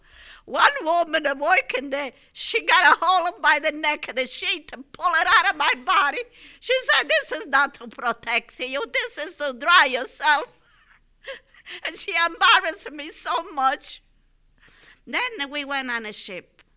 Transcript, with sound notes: One woman working there, she got a hold by the neck the sheet and pull it out of my body. She said, "This is not to protect you. This is to dry yourself." ( she laughs ) And she embarrassed me so much. Then we went on the ship.